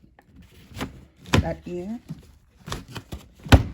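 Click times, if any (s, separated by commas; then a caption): 3.5 s. The inner frame of a plastic embroidery hoop is pressed down into the outer frame over fabric, a very tight fit, with pushing on one end while someone talks. Scattered knocks and rustles lead up to a sharp, loud click at 3.5 s as the inner frame seats into place.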